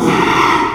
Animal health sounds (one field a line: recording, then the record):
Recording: squeal of a Yucatan mini pig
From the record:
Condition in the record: after surgery on the right vocal fold (resection and tissue-engineered implant)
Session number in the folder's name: 1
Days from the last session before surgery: 6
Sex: male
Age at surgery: 12 weeks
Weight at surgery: 13 kg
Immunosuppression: cyclosporine, prednisolone